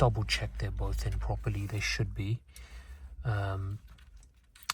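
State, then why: Seated. Someone talks while checking that both plastic connectors are fully in during a heated steering retrofit on an F30 LCI, then presses the locking clip on the main steering wheel connector. A sharp snap is heard at 4.7 s as the clip snaps shut, locking the connector in place.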